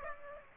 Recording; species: mosquito wingbeat signal from an infrared sensor; Aedes aegypti